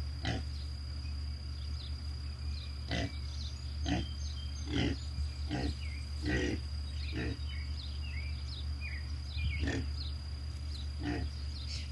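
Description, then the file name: Pig grunting in short, rough bursts, repeated roughly every second with uneven gaps, over a steady low hum. "pigsound"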